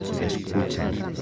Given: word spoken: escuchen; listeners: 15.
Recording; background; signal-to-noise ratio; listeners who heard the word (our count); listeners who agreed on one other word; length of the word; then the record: one Spanish word in noise, from a listening test; eight-talker babble; -2.0 dB; 1 of 15; 10 of 15; 0.82 s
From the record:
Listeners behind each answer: 10, 2, 1, 1, 1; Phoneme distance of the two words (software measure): 17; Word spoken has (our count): 3 syllables, 7 phonemes, stress on syllable 2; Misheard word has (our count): 3 syllables, 6 phonemes, stress on syllable 2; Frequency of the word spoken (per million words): 1.59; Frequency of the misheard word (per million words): 25.95